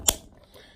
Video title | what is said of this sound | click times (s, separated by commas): Burtman Industries Sprint Booster for Lamborghinis. Plug designs for different years! | it locks in it's in there nice and tight won't come out | 0.1 s